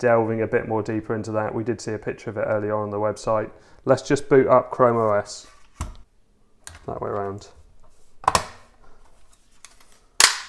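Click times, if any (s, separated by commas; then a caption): 8.3 s, 10.2 s. Someone talks, then the bottom cover of a Geekom Mini IT11 mini PC, opened to fit an SSD, is lined up and pressed back onto the case. Sharp snaps ring out at 8.3, 8.4 and 10.2 seconds as the cover snaps into place.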